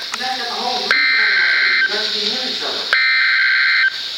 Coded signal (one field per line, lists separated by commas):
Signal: Emergency Alert System (SAME) tones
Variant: header bursts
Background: speech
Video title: EAS #50 - Flash Flood Warning 9-2-2013